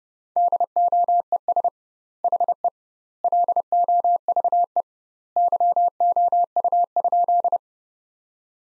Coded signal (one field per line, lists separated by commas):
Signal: Morse code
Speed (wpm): 30 wpm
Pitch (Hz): 700 Hz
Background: none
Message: DOES HE LOVE YOU?